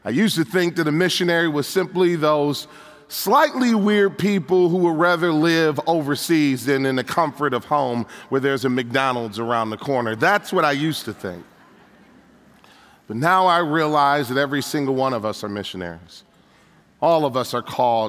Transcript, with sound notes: I used to think that a missionary was one of those slightly weird people who would rather live overseas than in the comforts of home, where there’s a McDonald’s around the corner. That’s what I used to think. (laughter) But now I realize that every single one of us are missionaries. All of us are called